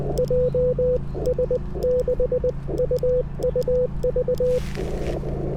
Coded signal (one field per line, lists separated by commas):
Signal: Morse code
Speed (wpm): 19 wpm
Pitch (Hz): 500 Hz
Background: none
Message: JS6UUV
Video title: Japan POTA - IC-705 Back to its Birthplace (My Layover Was Tokyo)